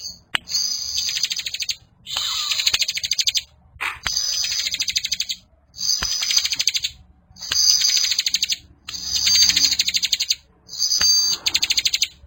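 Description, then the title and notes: Bar-winged prinia song: rapid buzzy high-pitched trills in bursts of a second or more, separated by short pauses, repeated seven times, with occasional sharp clicks. Compilation of bar-winged prinias (ciblek) in active, vigorous song, including young birds. "Kicau Ciblek new - putri sherin. kumpulan suara burung ciblek gacor dan anakan"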